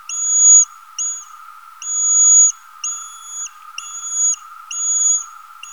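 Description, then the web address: Eastern horseshoe bat echolocation pulses: long, flat, pure tones with short sweeps at each end, repeated roughly every second over a steady hum. "Rhinolophus megaphyllus"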